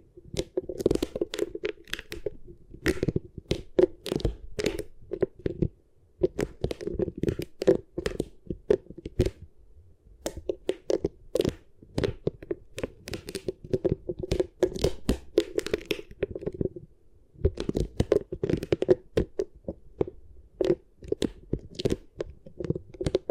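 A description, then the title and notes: Beeswax is worked in dense bursts of sticky crackling and crunching, pausing briefly around six, ten and seventeen seconds. ASMR Really Nice Beeswax Ear Triggers for SLEEP (No Talking).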